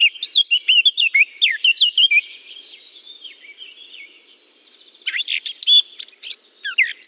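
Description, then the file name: Eurasian blackcap song: a bright warbled phrase, a subdued quiet twittering interlude, then a loud flourish of fluty, varied notes. Singing from a holly bush. "chant de fauvette a tete noire dans houx"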